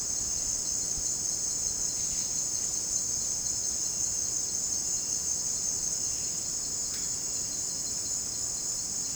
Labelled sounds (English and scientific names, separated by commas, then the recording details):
none
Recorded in dense forest near Puerto Asís, Putumayo, Colombia, on 25 June 2025 at 16:30
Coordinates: 0.499, -76.324
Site G100